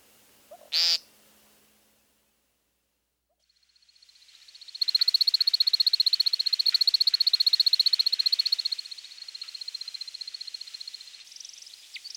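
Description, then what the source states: American woodcock display: a single harsh, nasal peent, then after a pause a fast, steady, high twittering trill that lasts several seconds before thinning out. Male; initial peenting phrases followed by airborne chips and chirps; some twittering whistles are made by wing feathers during his spiraling flight display.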